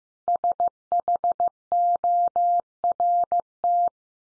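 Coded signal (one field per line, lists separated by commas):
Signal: Morse code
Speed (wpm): 15 wpm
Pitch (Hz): 700 Hz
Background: none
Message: SHORT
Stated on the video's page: Computer-generated Morse head-copy drill of the 500 most common English words at 15 wpm, each word sent three times, then spoken, then sent again.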